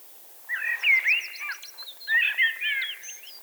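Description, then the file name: Eurasian blackbird giving a continuous mellow fluting song laced with thin high squeaks, lasting nearly three seconds. "Turdus merula"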